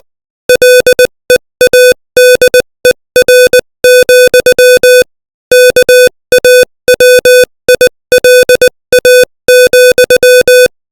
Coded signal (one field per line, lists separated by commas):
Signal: Morse code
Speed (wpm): 20 wpm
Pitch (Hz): 500 Hz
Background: music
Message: LEADER, KAWILA,